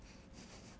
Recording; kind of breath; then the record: one breath in and out by a microphone near the nose and mouth; strong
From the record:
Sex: male